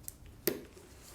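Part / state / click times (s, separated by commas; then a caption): rivet cap onto rivet post through leather holster / seated / 0.5 s. A small metal rivet cap is pressed onto a rivet post through a leather holster holder piece. A faint tick sounds at 0.1 s, then the cap snaps on with a sharp, bright click at 0.5 s and a short low ring after it. The cap is seated correctly.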